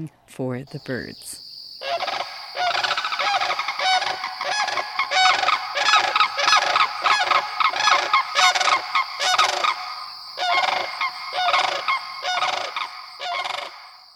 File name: Sandhill Crane